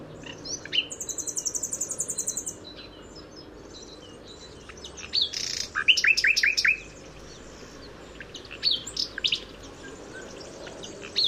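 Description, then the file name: Common nightingale singing: a rapid high buzzy trill, then loud repeated chirping notes and sharp whistled phrases, with quieter pauses and faint background hiss. "Luscinia megarhynchos"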